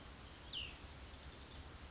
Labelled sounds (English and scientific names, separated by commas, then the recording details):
Cassin's Vireo (Vireo cassinii)
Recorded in Sonoma County, California